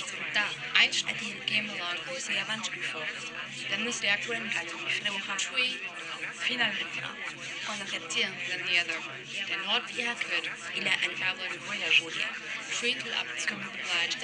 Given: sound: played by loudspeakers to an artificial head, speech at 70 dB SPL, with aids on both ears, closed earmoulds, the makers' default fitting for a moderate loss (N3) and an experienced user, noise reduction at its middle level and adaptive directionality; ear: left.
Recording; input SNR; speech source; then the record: speech test signal (ISTS) in cocktail-party noise; 0 dB; in front (0 degrees)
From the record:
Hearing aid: class 2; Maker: G